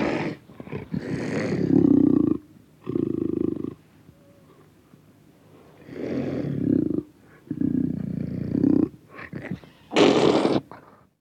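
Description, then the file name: Panther giving gravelly growls and snarls in separate bursts, with quiet gaps between, ending in a harsher snarl. Close recording of panther growls and roars. "Digiffects Sound Effects Library - Close Panther Growls and Roars"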